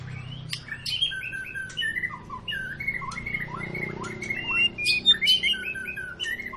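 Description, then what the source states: White-rumped shama song, a dense run of varied whistles and warbles with sharp clicks. Long lure song of a White-rumped shama in full song, used to prompt other birds to sing.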